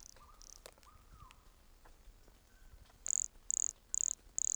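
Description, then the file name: Pumpkin toadlet produces four loud, high-pitched buzzy notes about half a second apart in the second half, with faint whistled sounds earlier. Recorded at Entroncamento, Teba, in January 2020, 20 cm from the microphone. "Brachycephalus sulfuratus Entroncamento Teba 20 cm from microphone LFR JAN-2020"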